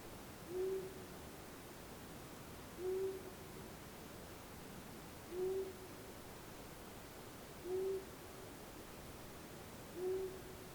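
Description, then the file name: Long-eared owl hooting, a low soft single hoot repeated about every two and a half seconds, five hoots in all, over a steady hiss. "Asio Otus"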